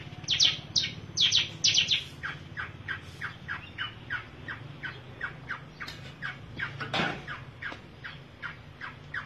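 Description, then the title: Long-tailed shrike song: a few loud high chirps, then a fast, even series of softer short notes and one sharp sweeping note near the end. Combination song style. "Cendet Kombinasi"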